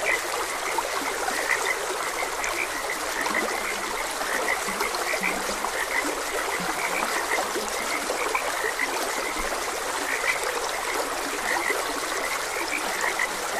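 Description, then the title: Continuous frog chorus of short high notes plus scattered lower, brief croaks, heard through the constant rushing sound of a stream. Frogs croaking beside a gentle stream. "Gentle Stream and Frogs Croaking"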